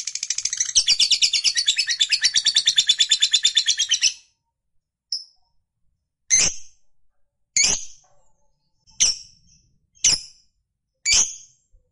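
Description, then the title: Lovebird song, four seconds of rapid high chattering, then a pause and five single sharp chirps spaced about a second apart. Recording meant to make a lovebird that is reluctant to sing become eager and sing spontaneously at length, called narik. "LOVEBIRD Malas Bunyi JADI GREGET SPONTAN Langsung NARIK"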